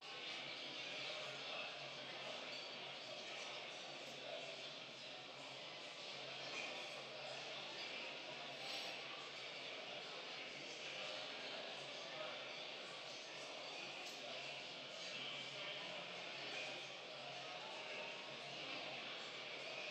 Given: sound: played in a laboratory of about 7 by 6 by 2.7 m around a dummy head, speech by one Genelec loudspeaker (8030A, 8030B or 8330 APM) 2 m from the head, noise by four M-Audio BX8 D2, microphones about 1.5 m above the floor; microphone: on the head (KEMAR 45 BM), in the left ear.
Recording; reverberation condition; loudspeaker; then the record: cafeteria noise; high; four, about 170 cm from the corners of the room and facing them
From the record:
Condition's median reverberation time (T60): about 1300 ms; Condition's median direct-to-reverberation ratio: about -4.0 dB